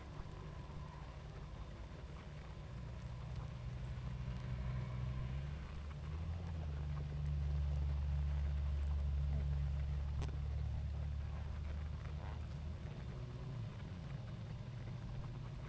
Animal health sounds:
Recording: honeybee colony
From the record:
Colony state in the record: active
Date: 28 July 2017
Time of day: 20:21

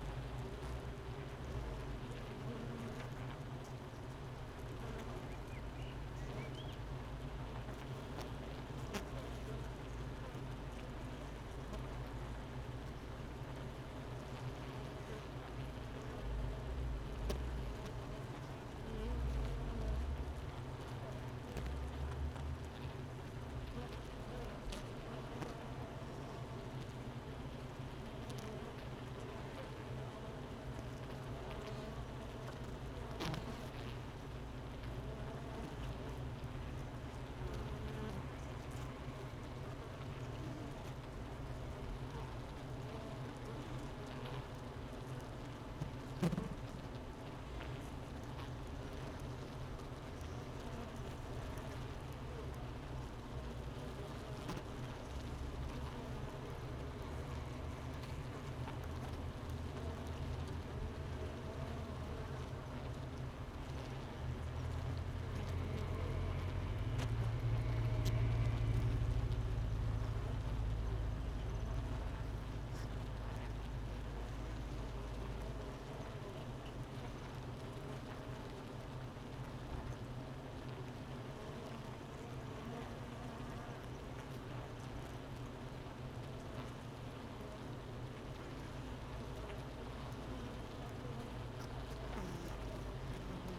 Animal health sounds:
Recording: honeybee colony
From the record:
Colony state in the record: missing queen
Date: 31 May 2018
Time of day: 8:45

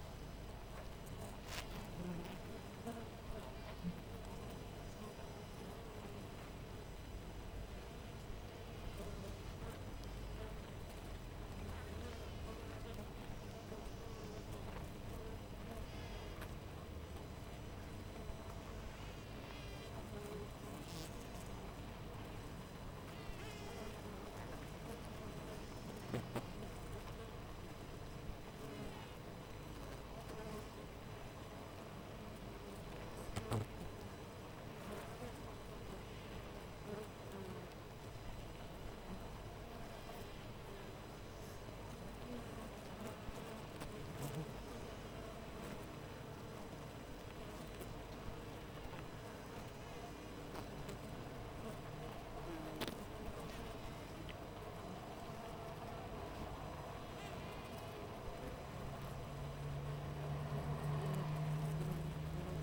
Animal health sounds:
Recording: honeybee colony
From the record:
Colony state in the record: missing queen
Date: 14 July 2017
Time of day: 6:22

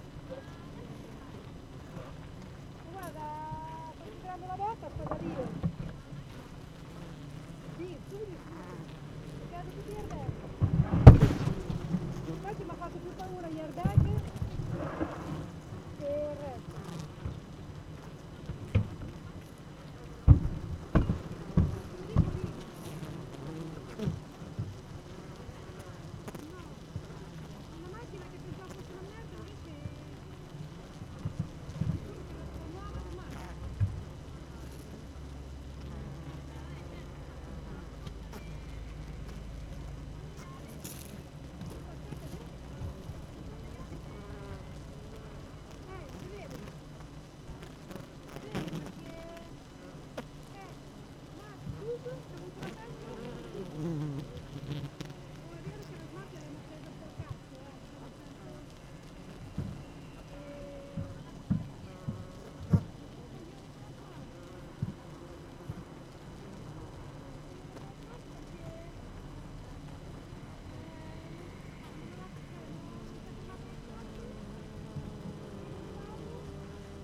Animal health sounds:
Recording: honeybee colony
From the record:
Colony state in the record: active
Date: 12 June 2018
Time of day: 8:01

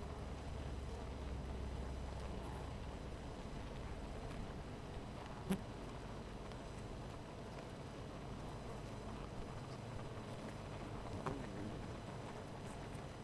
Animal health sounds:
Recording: honeybee colony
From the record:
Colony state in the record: missing queen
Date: 14 July 2017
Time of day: 13:43

